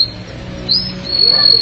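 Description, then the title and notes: Canary song fragment: a few high sustained whistled notes over low background hum. "BM Suara Kenari. BM Suara Burung Kenari"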